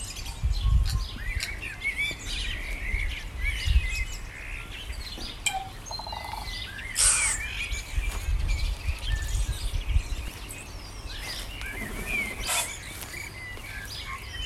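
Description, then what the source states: Many birds singing at once, rapid twitters and whistles layered densely, above a steady low rumble. Morning birdsong.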